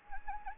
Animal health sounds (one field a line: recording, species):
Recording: mosquito wingbeat signal from an infrared sensor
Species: Anopheles arabiensis